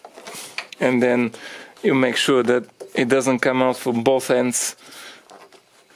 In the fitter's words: again so it kind of locks into place